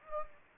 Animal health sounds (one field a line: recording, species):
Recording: mosquito wingbeat signal from an infrared sensor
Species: Anopheles gambiae